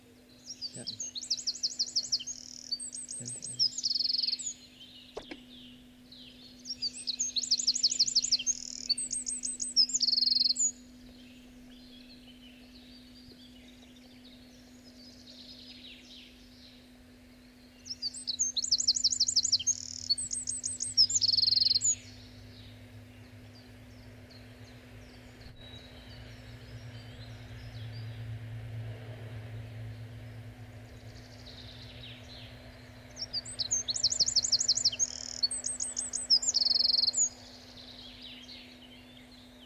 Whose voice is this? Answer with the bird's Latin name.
Fringilla coelebs